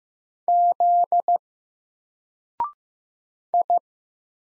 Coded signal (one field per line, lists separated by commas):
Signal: Morse code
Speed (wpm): 15 wpm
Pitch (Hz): 700 Hz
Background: none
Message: Z I